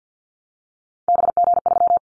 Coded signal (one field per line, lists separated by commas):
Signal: Morse code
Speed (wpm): 49 wpm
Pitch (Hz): 700 Hz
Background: none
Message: BG3